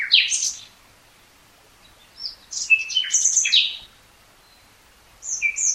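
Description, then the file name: Common nightingale song with short varied phrases of sharp high notes, rapid buzzy clusters and brief whistles, separated by quiet gaps of over a second. "Luscinia megarhynchos"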